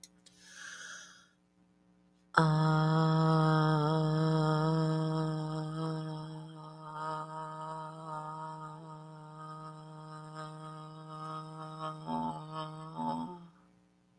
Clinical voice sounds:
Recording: vowel held as long as possible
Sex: female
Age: 50 to 59 years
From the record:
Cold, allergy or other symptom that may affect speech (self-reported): no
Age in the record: 54 years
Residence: Arizona, United States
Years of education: 12

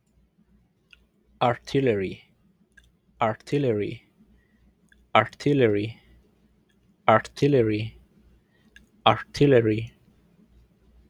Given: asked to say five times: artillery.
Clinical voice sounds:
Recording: repeated word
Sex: male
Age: 30 to 39 years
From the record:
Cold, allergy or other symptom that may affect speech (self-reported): no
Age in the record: 32 years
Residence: Utah, United States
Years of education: 12

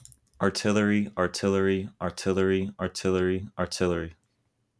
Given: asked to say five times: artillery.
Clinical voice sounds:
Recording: repeated word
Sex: male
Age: 20 to 29 years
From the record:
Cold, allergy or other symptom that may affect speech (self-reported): no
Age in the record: 23 years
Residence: North Carolina, United States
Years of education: 13

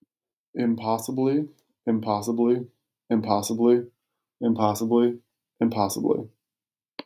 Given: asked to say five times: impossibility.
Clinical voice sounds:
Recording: repeated word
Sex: male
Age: 30 to 39 years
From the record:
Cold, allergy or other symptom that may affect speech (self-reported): no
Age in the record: 32 years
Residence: Arizona, United States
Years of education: 16

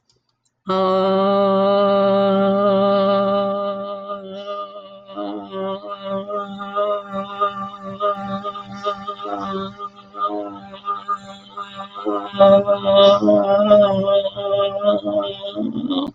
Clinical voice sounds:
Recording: vowel held as long as possible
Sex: female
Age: 60 to 69 years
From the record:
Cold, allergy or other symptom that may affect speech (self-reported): no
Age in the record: 69 years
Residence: Florida, United States

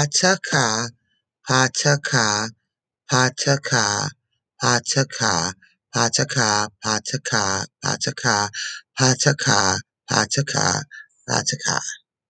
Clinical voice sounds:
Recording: repeated syllables /pa ta ka/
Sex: female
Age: 30 to 39 years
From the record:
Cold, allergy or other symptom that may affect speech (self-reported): no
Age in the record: 36 years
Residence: North Carolina, United States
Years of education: 16

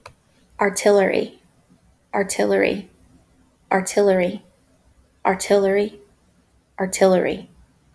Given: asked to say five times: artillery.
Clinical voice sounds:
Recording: repeated word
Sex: female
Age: 30 to 39 years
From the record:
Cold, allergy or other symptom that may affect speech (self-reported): no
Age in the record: 30 years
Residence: South Carolina, United States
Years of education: 16

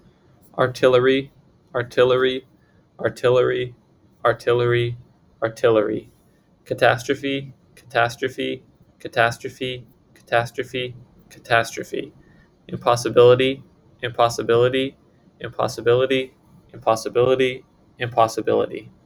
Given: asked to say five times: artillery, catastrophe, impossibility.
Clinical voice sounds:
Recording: three words, each repeated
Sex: male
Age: 20 to 29 years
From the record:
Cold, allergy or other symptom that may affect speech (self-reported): no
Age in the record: 29 years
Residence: New York, United States

